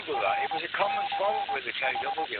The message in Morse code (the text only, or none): RCH